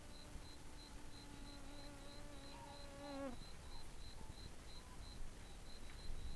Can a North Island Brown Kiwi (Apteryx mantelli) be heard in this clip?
no